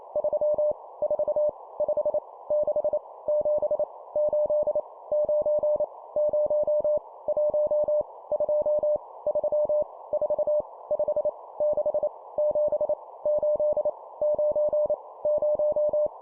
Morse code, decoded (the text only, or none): 3 4 5 6 7 8 9 0 1 2 3 4 5 6 7 8 9 0